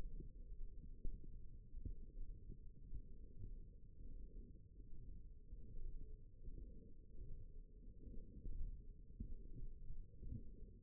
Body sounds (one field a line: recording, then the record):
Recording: forearm muscle sounds (acoustic myography)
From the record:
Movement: radial deviation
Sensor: system 1, eight BSWA MPA416 microphones around the upper forearm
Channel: 2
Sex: female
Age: 21 years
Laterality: right